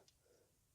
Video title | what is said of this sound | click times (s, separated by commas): Zoids Wild Knuckle Kong Review | locks into the back of the hand here and you bend the arm show | 0.1 s